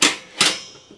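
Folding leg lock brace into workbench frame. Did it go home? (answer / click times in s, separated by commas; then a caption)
yes / 0.4 s. The folding leg frame of a Black & Decker Workmate 536 portable workbench is pushed up into the workbench frame until its locking brace catch clicks into place. A bright, sharp broadband knock opens the clip, then a second crisp click lands at 0.4 s and rings down over the next half second. The leg brace is locked into place.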